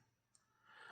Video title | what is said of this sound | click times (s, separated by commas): A budget banger in every sense of the word! | Again, that just slides in and clicks into place. | 0.4 s